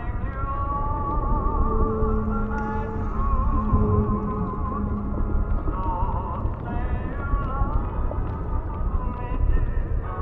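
Old-style music plays as if underwater, muffled and murky with no bright top end. Wavering sustained notes drift in and out over a dense, rumbling low wash that stays steady throughout, with long held tones most clear in the first half.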